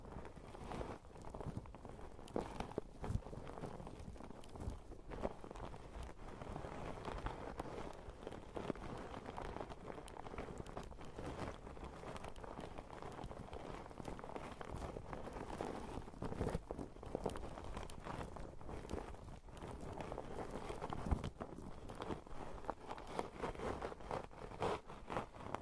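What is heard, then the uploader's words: Sponges rub, scratch and squish against a microphone in a dense, continuous stream of close rustling and brushing. The texture stays busy and crackly throughout, full in the low and middle range, with frequent louder scrapes and a sharp crinkle near 21 seconds. ASMR Sponges on Mic Scratching, Brushing, Squishing, Crinkle etc No Talking.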